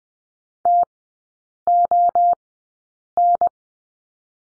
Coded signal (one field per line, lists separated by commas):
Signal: Morse code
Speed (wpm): 20 wpm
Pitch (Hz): 700 Hz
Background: none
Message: TON